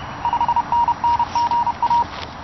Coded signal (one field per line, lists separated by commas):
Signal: Morse code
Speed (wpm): 31 wpm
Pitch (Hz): 950 Hz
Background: none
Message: 5NN GA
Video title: QRP Camp Chair Station - Revised